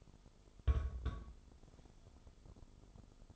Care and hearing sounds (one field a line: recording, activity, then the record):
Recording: daily activity, microphone in the room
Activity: place on stove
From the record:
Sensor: 5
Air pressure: 988.4 hPa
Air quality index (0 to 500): 204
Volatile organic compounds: 82 ppm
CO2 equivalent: 3622 ppm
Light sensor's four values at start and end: 47/138/54/59 and 48/140/56/60